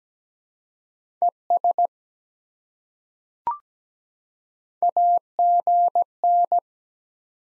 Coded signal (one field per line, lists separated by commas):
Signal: Morse code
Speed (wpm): 17 wpm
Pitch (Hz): 700 Hz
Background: none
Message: ES AGN